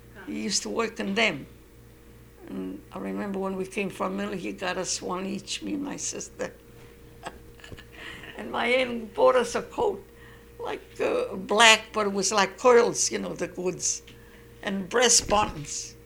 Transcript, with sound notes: He used to work on them. I remember when we came from Italy he got us one each, me and my sister. ( she laughs ) And my aunt bought us a coat, like black, but it was like pearls, you know, the goods, and brass buttons.